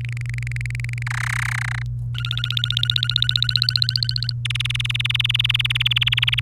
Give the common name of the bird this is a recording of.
Domestic Canary